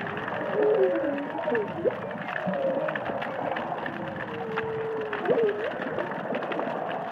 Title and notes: Whale Song is a collection of underwater recordings of humpback whales singing and calling in the Indian Ocean.